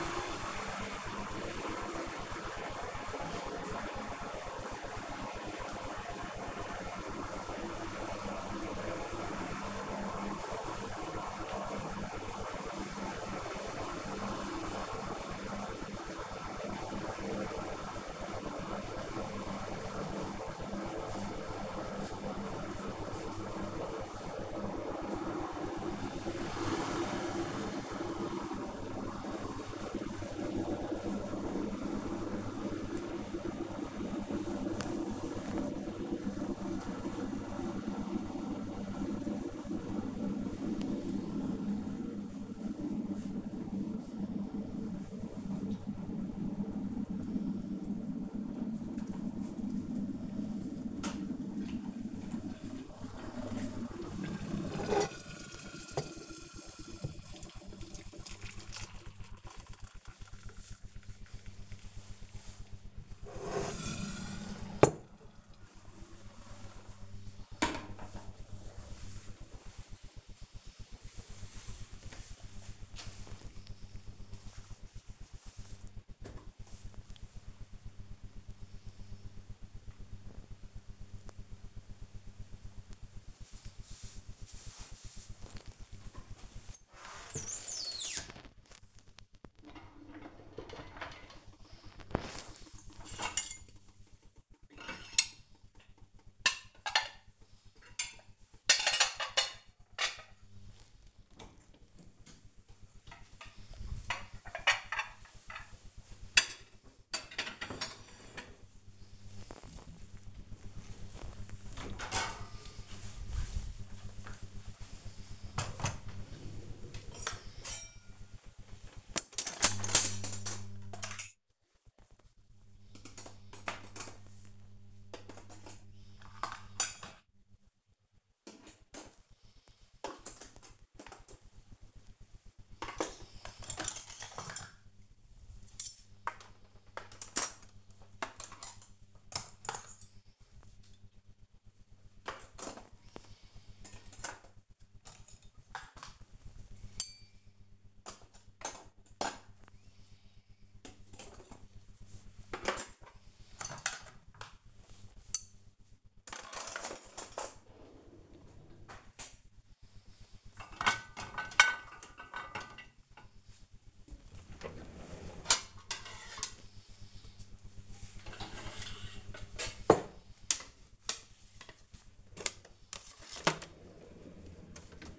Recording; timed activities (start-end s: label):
household activities, microphone on the right wrist
0.00-68.68 s: making tea
85.78-175.19 s: cleaning out the dishwasher